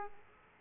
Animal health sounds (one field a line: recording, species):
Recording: mosquito wingbeat signal from an infrared sensor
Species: Aedes aegypti